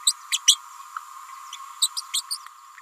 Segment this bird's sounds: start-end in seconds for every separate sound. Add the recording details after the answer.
0.06-0.13, 0.30-0.39, 0.47-0.59, 1.81-1.89, 1.96-2.01, 2.13-2.22, 2.30-2.37. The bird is a female. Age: 29 days. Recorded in a nest box in Venezuela. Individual 17B31A3